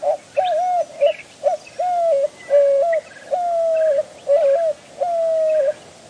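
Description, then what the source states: White-winged Dove cooing: a series of low hooting notes, some short and some drawn out. Desert southwest, Sonoran Desert; migration timed to the saguaro's reproductive cycle; drinks water from cacti in the driest part of summer; pollinates saguaros and disperses their seeds.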